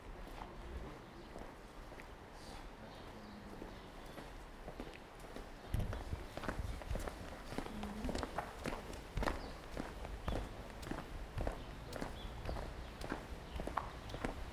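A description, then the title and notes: Street sounds from Ulm: a steady low rumble with faint, brief tones for the first few seconds. Around six seconds, dense, irregular tapping begins, like hurried footsteps or hooves, continuing through to the end over the same low background. Sounds of Ulm (Soundscapes meets Kulturradio).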